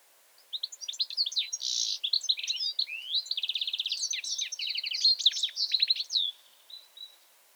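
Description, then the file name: European goldfinch giving a bright, rambling twittering song with buzzy trills and quick whistled notes, starting after a brief pause and fading near the end. "Carduelis carduelis"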